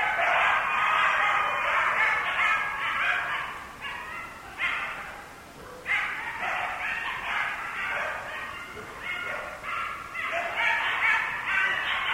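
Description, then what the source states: Several coyotes give excited high yips and yelps in pulsing waves, fading briefly and returning in renewed bursts of overlapping calls. Recorded on 6 November 2010; several coyotes.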